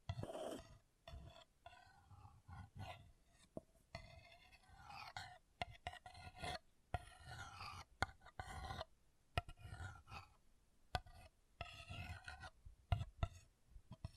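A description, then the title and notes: An object is scratched in short, uneven strokes, each a rough rasping burst with a bright, whistly edge. The strokes come in quick irregular clusters with brief silences between them, and a few sharp clicks stand out around the middle and near the end. ASMR Brain Melting Object Scratching (No Talking).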